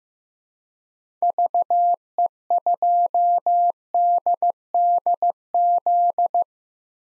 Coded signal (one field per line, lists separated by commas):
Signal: Morse code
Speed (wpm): 15 wpm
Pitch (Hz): 700 Hz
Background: none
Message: VE2DDZ